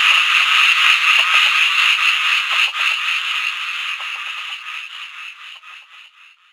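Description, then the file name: Butler's narrow-mouthed frog gives a raspy rattling call of quick pulses, steady at first and then fading out over the last few seconds. "Microhyla butleri"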